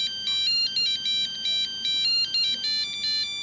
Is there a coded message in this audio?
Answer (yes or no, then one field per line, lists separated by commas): no